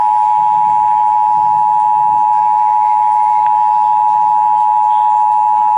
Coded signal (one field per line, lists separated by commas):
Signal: Emergency Alert System (SAME) tones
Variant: 853 and 960 Hz attention tone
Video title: (EAS #69-70) Severe Thunderstorm Warning (WBAP-AM and KSCS-FM)